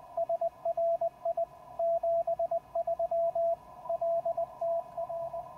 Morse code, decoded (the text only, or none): SRI 73 LTR